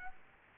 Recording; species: mosquito wingbeat signal from an infrared sensor; Aedes aegypti